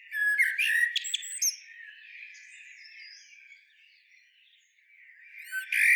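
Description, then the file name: Common blackbird: a loud, fluted phrase with squeaky trills at the start, soft rambling warble afterward, and a new bright phrase beginning at the end. "Turdus merula"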